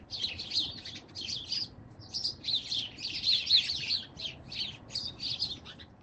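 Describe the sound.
Bird twittering: rapid high-pitched chirps packed into bursts, with one short pause partway through.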